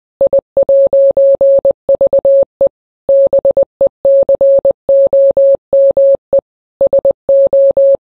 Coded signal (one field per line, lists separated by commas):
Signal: Morse code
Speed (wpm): 20 wpm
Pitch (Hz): 550 Hz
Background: none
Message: I'VE BECOME SO